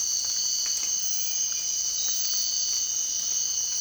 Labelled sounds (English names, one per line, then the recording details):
none
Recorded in dense forest near Puerto Asís, Putumayo, Colombia, on 24 March 2025 at 03:00
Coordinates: 0.499, -76.324
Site GP03